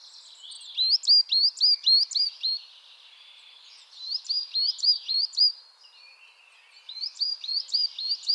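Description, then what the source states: Coal tit chattering calls: bursts of quick, high, thin upslurred notes, several per burst, with short pauses between bursts. Chattering (bavarde) calls.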